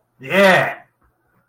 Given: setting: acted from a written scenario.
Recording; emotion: vocal sound without words; elation